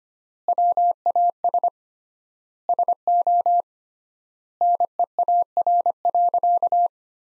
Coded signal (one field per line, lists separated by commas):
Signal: Morse code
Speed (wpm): 25 wpm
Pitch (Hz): 700 Hz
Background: none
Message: WAS SO NEAR.